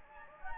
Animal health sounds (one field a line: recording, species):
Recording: mosquito wingbeat signal from an infrared sensor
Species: Anopheles gambiae